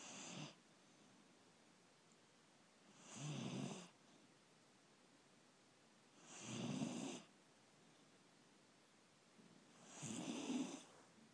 Borris the dog snoring the boy had a busy night last night and is paying for it this morning.